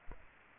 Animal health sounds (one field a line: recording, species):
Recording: mosquito wingbeat signal from an infrared sensor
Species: Aedes aegypti